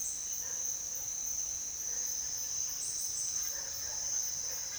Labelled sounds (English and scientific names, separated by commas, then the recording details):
none
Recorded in secondary vegetation near Puerto Asís, Putumayo, Colombia, on 29 June 2025 at 08:30
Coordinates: 0.498, -76.327
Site GP09